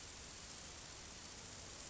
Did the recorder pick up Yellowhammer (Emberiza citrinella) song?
no